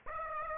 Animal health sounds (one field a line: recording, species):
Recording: mosquito wingbeat signal from an infrared sensor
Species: Aedes aegypti